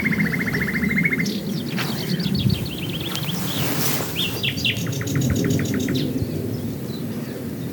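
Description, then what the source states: Common nightingale with a fast rattling note series, a burst of noise midway, then a loud rapid repeated phrase, all over steady low rumble. Recorded at Swale.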